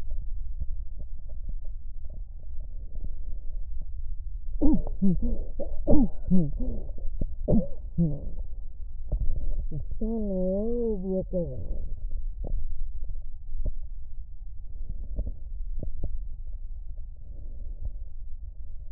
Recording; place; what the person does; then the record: lung sounds by stethoscope; left posterior basal chest; quiet breathing, then cough and speech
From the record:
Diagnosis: interstitial lung disease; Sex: female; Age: 74 years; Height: 150 cm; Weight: 69.8 kg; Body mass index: 31.0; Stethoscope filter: extended mode